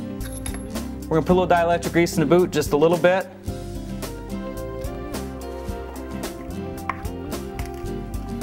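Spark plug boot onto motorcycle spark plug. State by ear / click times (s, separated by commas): not seated / none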